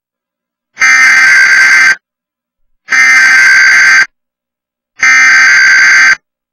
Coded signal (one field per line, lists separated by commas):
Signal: Emergency Alert System (SAME) tones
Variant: header bursts